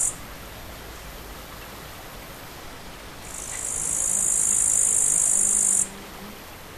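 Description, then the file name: Bush cricket stridulation: a brief high buzz at the start, then a long hissing burst of about two and a half seconds that swells gradually and stops abruptly, over quiet background noise. Recorded 5 August 2013 on an MZ-N710 recorder. "sauterelle 5 08 13"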